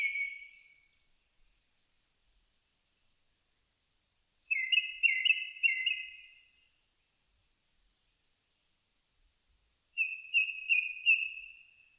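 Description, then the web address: Japanese thrush song: three short bursts of rich, fluty whistled notes, the first already under way at the start, separated by silent pauses of a few seconds, each phrase tumbling and trailing away. Recorded 4 May 2001. "2001 010504 kurotugumi"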